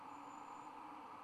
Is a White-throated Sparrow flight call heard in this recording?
no